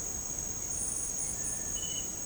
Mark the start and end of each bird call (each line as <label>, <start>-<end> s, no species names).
bird call, 1.35-1.82 s